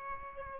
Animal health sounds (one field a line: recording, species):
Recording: mosquito wingbeat signal from an infrared sensor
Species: Aedes aegypti